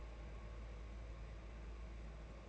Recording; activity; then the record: daily activity, microphone in the room; take from stove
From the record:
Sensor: 2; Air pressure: 991.8 hPa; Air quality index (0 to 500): 233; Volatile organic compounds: 1000 ppm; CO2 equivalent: 7816 ppm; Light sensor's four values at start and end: 18/57/22/20 and 18/57/22/20